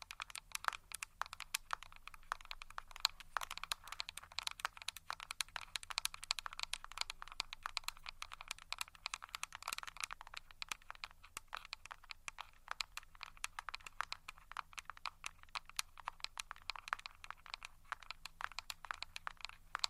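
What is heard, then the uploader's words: Rapid fingertip tapping, scratching and fluttering on a small device. The clicks come thick and irregular for the whole stretch, crisp and bright with little low end. A faint steady hum sits underneath. Tascam Tapping, Scratching, Finger Fluttering.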